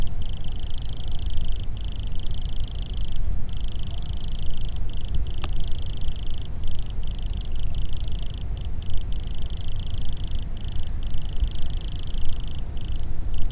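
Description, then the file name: Wood cricket song, a continuous high purring trill broken by brief pauses, over constant low rumbling background noise. Recorded on 21 September 2016. "Grillon bois 2016-09-21"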